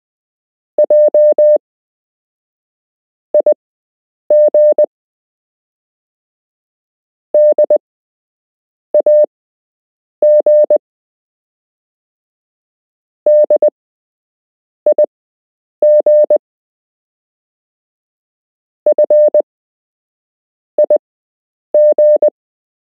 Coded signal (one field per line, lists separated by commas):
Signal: Morse code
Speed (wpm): 20 wpm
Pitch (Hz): 600 Hz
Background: none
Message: JIG DAG DIG FIG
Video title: You can learn Morse code - Part 2